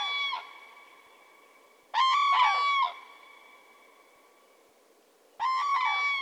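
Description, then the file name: Common crane giving loud, harsh trumpeting calls in a few bursts, with rich buzzy harmonics. "grus grus"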